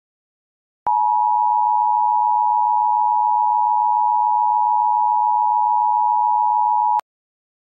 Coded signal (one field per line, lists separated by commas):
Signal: Emergency Alert System (SAME) tones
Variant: 853 and 960 Hz attention tone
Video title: Attack On London | EAS Scenario